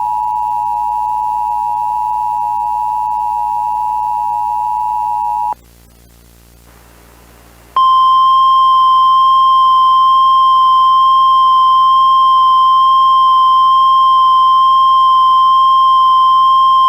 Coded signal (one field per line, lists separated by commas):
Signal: Emergency Alert System (SAME) tones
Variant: 853 and 960 Hz attention tone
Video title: 12/24/03 - He is Coming (Christmas EAS)